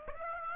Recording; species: mosquito wingbeat signal from an infrared sensor; Aedes aegypti